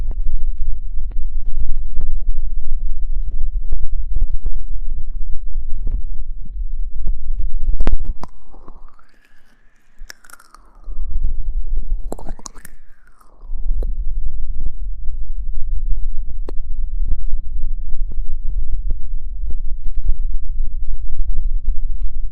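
Sticky, crackling squelches of aloe gel, dense, pause mid-clip for two quiet rising-and-falling squeaky strokes before the wet clicking resumes.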